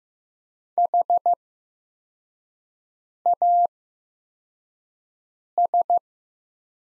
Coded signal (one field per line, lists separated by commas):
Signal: Morse code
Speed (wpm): 15 wpm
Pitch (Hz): 700 Hz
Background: none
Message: HAS